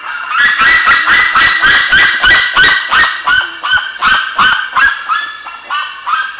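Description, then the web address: Bird giving loud, rhythmic honks about three per second, each note harsh and nasal. "BIRD 2015 SABIOD bird 2015"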